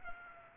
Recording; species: mosquito wingbeat signal from an infrared sensor; Culex pipiens